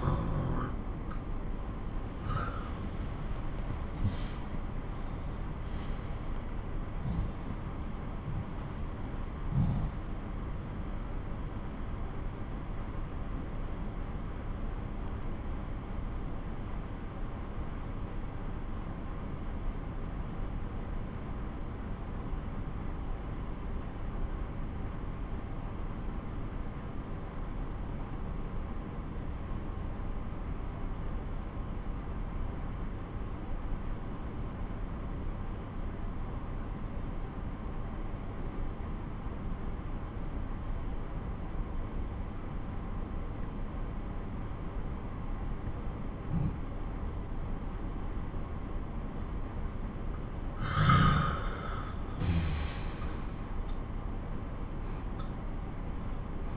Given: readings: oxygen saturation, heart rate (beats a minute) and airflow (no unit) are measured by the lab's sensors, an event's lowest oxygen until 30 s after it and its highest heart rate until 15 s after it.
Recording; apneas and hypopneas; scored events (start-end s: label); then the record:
breathing in sleep by a smartphone at the bedside; 1
11.00-50.90 s: obstructive apnea (N1, oxygen 98% highest, then 88% lowest)
27.00-56.57 s: new sleep stage, N2 (light sleep)
From the record:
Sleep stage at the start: N1 (lightest sleep); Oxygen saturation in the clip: 83 to 98%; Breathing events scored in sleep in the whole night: 217 in 6.3 hours asleep